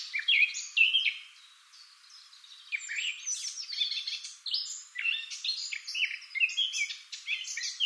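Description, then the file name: Eurasian blackcap song of fast, jumbled twittering notes, easing briefly after the first second, then resuming as a continuous busy warble to the end. "Sylvia atricapilla"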